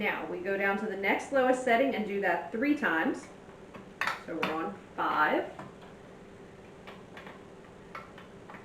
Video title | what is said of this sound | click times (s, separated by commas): Pesto Pasta and Chicken | So we're on 5. Making sure that locked into place. | 4.0 s